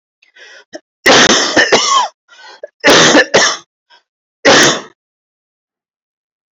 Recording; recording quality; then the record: heavy voluntary cough; excellent, no background noise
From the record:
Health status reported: healthy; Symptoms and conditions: cough, asthma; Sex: male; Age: 44 years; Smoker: not ticked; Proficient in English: yes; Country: India